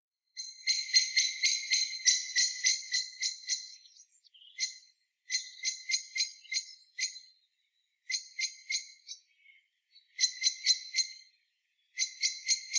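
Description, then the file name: Common blackbird giving sharp, clicking notes in rapid bursts of several, about four per second, with short pauses between runs; no other sounds. "Turdus merula"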